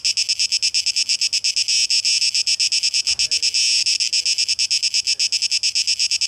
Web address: rauschpartikel Audio 2023-08-12 Zikaden (Tape Echo Mix)